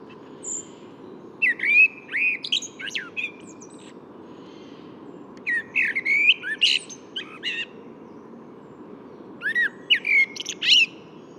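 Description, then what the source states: Common blackbird song: three separate phrases of fluted, warbling whistles ending in high, squeaky twitters, over a steady low background hum. Singing in the morning at Bois de Vincennes on 6 April 2018; the third blackbird heard that morning.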